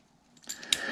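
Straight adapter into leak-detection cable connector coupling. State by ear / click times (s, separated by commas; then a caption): seated / 0.7 s. A straight adapter is pushed into the coupling ring of a PermAlert JMP crimp-style leak-detection cable connector, its V-grooves aligned inside the ring, before it is threaded up. Quiet handling rustles and soft contact noises build from about 0.4 s and 0.6 s, then a sharp, bright click sounds at 0.7 s. The adapter seats in the coupling.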